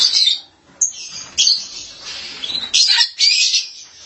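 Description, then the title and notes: Starling making loud harsh squawks and screechy, rasping phrases with brief high whistles, separated by short pauses. "suara burung jalak"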